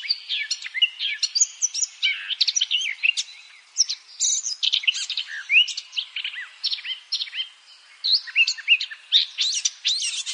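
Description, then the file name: Eurasian blackcap song, a fast, continuous warble of varied chirps, slurred whistles and scratchy notes, with brief pauses between bursts throughout. "Sylvia atricapilla"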